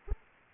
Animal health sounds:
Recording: mosquito wingbeat signal from an infrared sensor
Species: Aedes aegypti

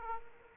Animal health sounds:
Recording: mosquito wingbeat signal from an infrared sensor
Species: Aedes aegypti

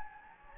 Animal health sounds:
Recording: mosquito wingbeat signal from an infrared sensor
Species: Anopheles gambiae

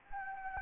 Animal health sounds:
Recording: mosquito wingbeat signal from an infrared sensor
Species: Anopheles gambiae

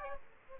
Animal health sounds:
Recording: mosquito wingbeat signal from an infrared sensor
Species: Aedes aegypti

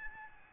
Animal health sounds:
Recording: mosquito wingbeat signal from an infrared sensor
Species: Aedes albopictus

